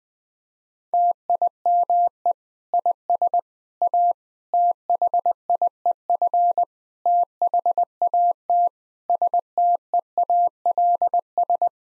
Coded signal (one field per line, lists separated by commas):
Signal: Morse code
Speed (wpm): 21 wpm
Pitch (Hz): 700 Hz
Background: none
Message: TIME IS A THIEF THAT STEALS